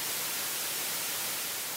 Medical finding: A white noise style of tinnitus.